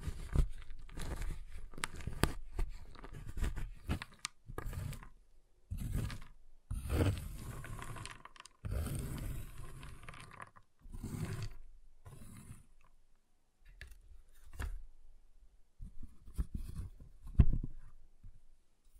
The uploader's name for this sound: Giant Chocolate Bar Tapping, Cutting, Snapping Sounds